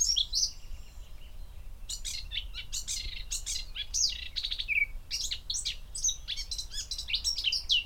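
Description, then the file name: Eurasian blackcap song: rapid chattering and twittering with a few brief whistled notes mixed in, high-pitched and hurried, with a short pause near the start, over a soft low background hiss. "Sylvia atricapilla"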